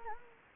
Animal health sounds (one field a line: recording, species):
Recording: mosquito wingbeat signal from an infrared sensor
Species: Anopheles gambiae